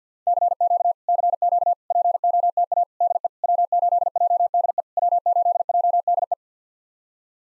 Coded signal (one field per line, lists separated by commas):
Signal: Morse code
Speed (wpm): 52 wpm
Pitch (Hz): 700 Hz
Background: none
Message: CQ CQ POTA DE W8JDE W8JDE